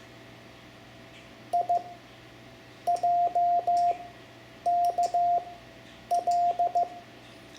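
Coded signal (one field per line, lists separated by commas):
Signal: Morse code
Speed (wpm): 15 wpm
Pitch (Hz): 700 Hz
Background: none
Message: I J K L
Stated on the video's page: Morse code lesson teaching letters M-P for amateur radio.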